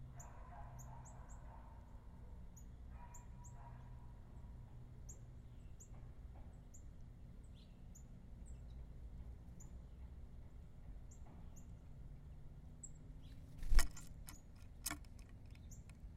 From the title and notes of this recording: Birds Feeding. Sounds of claws scratching, beaks pecking, wings fluttering, seeds dropping. Birds & microphones on feeder Carrollton, OH December 2017 DPA 4060 mic pair -> Sound Devices MixPre 3.